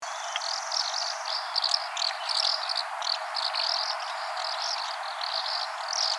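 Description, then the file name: Asian house martin calls: a steady stream of short, high chirps and twitters throughout, with a faint thin high-pitched tone in the first second. "Golosa ptic - Vostochnaya gorodskaya lastochka Delichon dasypus"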